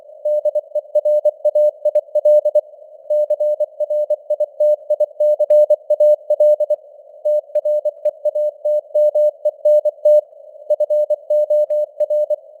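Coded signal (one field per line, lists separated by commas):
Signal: Morse code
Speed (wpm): 24 wpm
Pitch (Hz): 600 Hz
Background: none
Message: DERAIL CRITICAL TREATMENT FOR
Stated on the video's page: News headlines in Morse at 24 wpm with simulated radio noise and varying signal strength (QSB).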